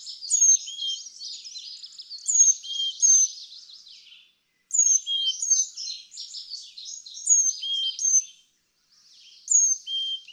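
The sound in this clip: Carolina chickadee whistled song, pure notes stepping from high to low, phrases recurring roughly every two to three seconds amid a dense chorus of other twittering birds.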